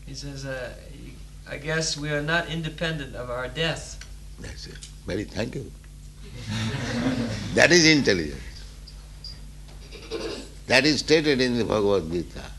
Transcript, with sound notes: He says that "I guess we are not independent of our death."
That's it. Very... Thank you. [laughter] That is intelligence. That is stated in the Bhagavad-gītā